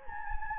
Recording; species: mosquito wingbeat signal from an infrared sensor; Anopheles gambiae